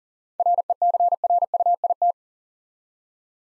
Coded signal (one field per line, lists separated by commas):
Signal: Morse code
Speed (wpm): 40 wpm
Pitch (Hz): 700 Hz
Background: none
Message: RECRUIT